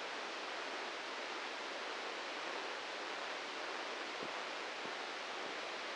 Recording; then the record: brain microelectrode recording played as sound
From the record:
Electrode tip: inside the subthalamic nucleus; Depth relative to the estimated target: 3 mm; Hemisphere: left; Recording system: NeuroSet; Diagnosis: Parkinson's disease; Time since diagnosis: 15 years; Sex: male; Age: 65 years